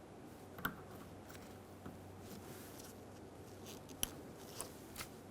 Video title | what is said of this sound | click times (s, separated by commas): How to Replace Passenger Side Mirrors 2009-2013 BMW 328i xDrive | push until you hear a click if you don't hear a click give it a pull | 4.0 s